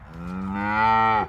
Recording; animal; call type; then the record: contact call of a hoofed animal; cattle; low-frequency (closed-mouth) or high-frequency (open-mouth) call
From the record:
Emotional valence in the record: negative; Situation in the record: full separation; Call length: 1.29 s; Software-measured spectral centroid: 1410 Hz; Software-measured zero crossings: 1500 a second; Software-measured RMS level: -23 dBFS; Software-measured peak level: -8 dBFS